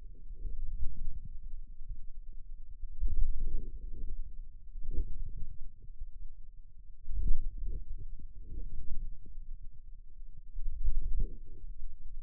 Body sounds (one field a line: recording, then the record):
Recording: forearm muscle sounds (acoustic myography)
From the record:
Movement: inward rotation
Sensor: system 2, bracelet of six BSWA MPA416 microphones around the upper forearm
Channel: 6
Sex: male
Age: 22 years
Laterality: right